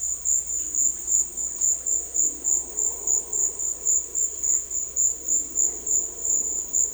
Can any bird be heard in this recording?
no